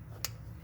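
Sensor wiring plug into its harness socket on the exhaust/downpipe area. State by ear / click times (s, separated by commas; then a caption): seated / 0.2 s. A plastic electrical plug on the sensor wiring, routed through the tight space near the downpipe and heat shield of the exhaust, is pushed back into its mating harness socket. A single sharp click sounds at 0.3 s as the connector seats, over a low steady background hum.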